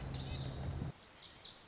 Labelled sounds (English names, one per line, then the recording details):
Lazuli Bunting
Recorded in Sonoma County, California